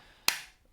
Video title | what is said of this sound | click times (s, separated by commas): Standing Desks | and it clicks back in. | 0.3 s